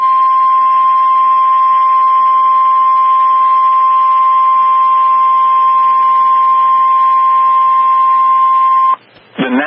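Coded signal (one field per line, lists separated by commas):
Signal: Emergency Alert System (SAME) tones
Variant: 1050 Hz attention tone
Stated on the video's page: Severe Thunderstorm Warning for Walker, Dade and Chattooga Counties, Georgia, with valid EAS tones.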